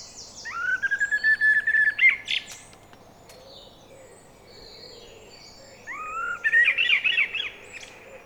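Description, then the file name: Common blackbird: a fast series of repeated chirpy notes, then a pause and a rising run of similar notes, with thin high twitters above. "Turdus merula"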